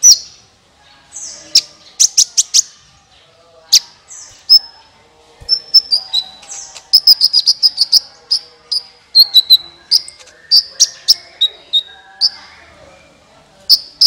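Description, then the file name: Van Hasselt's sunbird: lively series of high, sharp chirps and sliding notes, repeated throughout. "suara kolibri ninja"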